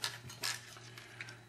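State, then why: Seated. A keyed cord plug is pushed into the connector of a Weatronic 2.4 GHz transmitter module during a Multiplex Royal Evo conversion, and it clicks fully home with a sharp, bright click at 0.0 s. Softer clicks and rubbing handling noises follow near 0.5, 1.0 and 1.2 s over a steady low hum. The plug is seated.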